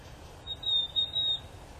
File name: willow tit